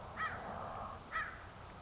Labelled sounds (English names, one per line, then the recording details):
American Crow
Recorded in Sonoma County, California